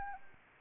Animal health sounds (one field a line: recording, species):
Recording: mosquito wingbeat signal from an infrared sensor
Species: Anopheles arabiensis